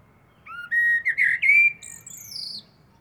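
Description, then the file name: Eurasian blackbird song: clear fluty whistles that rise and wobble, then finish with a thin, high, descending squeaky trill. "Turdus merula"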